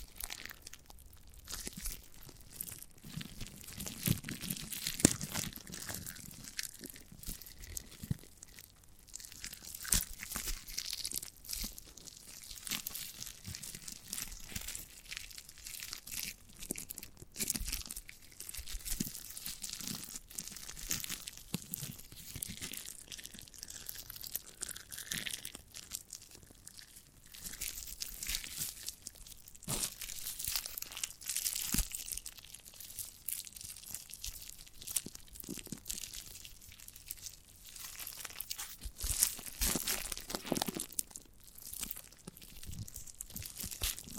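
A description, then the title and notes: Sticky, squishy handling of a giant gummy bear, with frequent crisp crackles, tearing and crinkling sounds throughout. The texture is dense and irregular, with sharp clicks and snaps every second or so over a steady soft rustle, sometimes brighter and busier. ASMR of a Giant Gummy Bear (No Talking).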